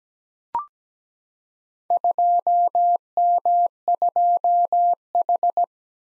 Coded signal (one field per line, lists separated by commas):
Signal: Morse code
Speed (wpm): 17 wpm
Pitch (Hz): 700 Hz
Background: none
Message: 2M2H